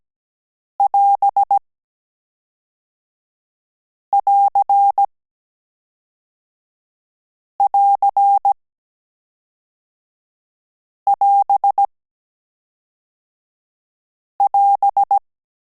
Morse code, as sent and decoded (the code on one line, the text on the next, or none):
.-... .-.-. .-.-. .-... .-...
<AS><AR><AR><AS><AS>